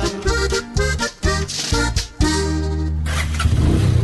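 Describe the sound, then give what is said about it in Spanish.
A motorcycle engine cranks in a few short, stuttering bursts, then catches and settles into a loud, steady, deep-throated rumble with a buzzing harmonic drone, with no talking. “¿Quiere una moto que de verdad le responda o una que no lo deje botado?”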